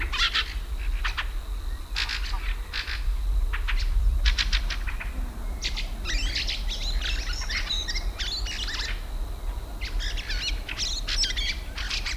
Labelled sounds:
Fieldfare
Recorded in the wild
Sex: male
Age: adult
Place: Parsteiner See, Barnim, Brandenburg, DE
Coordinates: 52.9703, 13.9781
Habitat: reed
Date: 2006-04-19 20:35
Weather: fair, ca. 15° C, weak winds
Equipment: Marantz PMD 671, Sennheiser MKH 70, Popschutz, Windkorb
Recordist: Frommolt, Karl-Heinz

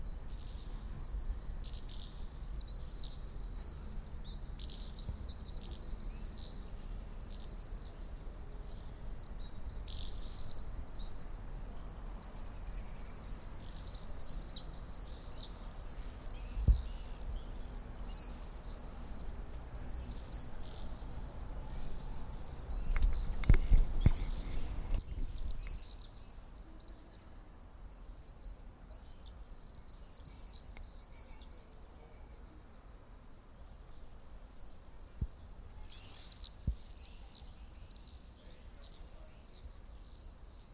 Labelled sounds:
Common Swift
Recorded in the wild
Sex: group
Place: Mörchinger Straße, Berlin, DE
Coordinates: 52.4388, 13.2769
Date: 1996-07-28 20:51
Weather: bedeckt, 23°C
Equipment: Sony MD-WM MZ-R3, Sennheiser ME 80, Kopie Uher 4000 Report Monitor
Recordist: Tembrock, Günter
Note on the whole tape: Gruppenfliegen, Flugrufe

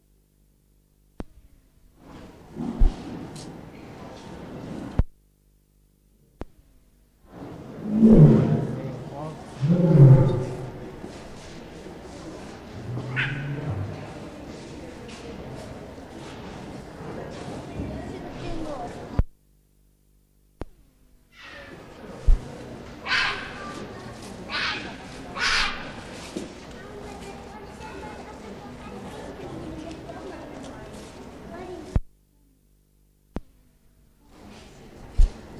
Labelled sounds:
Puma call
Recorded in captivity
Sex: female
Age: adult
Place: Zoo Leipzig, Sachsen, DE
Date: 1959-09-18 14:30
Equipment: Reporter (Vollspur)
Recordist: TSA
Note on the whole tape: Junges wehrt Mutter vom Fleisch ab: Maunzen der Mutter. Abstand: 2 m. Aufnahmezeit: 14.30-15.15 Uhr

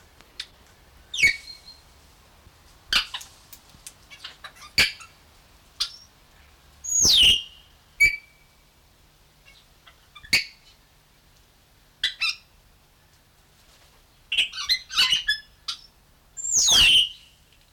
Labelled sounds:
Grey Parrot
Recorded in captivity
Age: adult
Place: Zoo Berlin, Berlin, DE
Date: 1993-10-16
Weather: heiter,3-8°C
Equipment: Marantz CP 430, Sennheiser MKH 416 T, Kopie Uher Variocord 263
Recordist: Tembrock, Günter

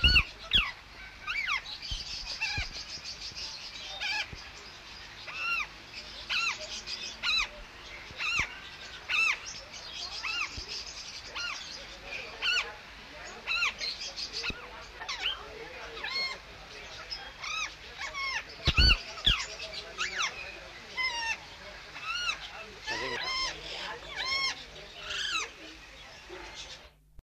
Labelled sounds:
Rose-ringed Parakeet call
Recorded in captivity
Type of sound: call
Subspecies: manillensis
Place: Vogelpark Walsrode, Niedersachsen, DE
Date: 1977-09-09
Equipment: Halbspur, 9,5 cm/s
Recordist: Lütgens, Hans
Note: Rufe

